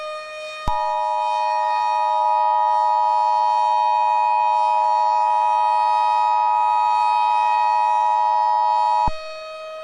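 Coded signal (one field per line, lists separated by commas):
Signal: Emergency Alert System (SAME) tones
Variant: 853 and 960 Hz attention tone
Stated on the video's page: Fictional EAS scenario set in Oklahoma City; simulated alert.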